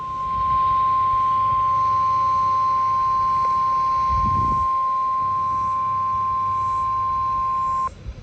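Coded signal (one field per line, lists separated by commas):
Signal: Emergency Alert System (SAME) tones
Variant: 1050 Hz attention tone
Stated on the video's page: Real severe thunderstorm warning alert from a weather radio station.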